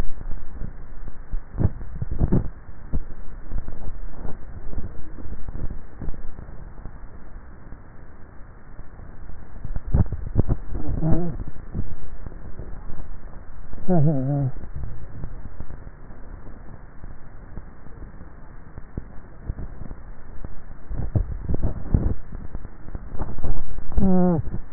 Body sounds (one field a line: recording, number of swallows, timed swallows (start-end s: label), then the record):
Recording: swallowing sounds by neck microphone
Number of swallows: 3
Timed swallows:
1.78-2.35 s: swallow
10.05-10.78 s: swallow
20.95-21.72 s: swallow
From the record:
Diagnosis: dysphagia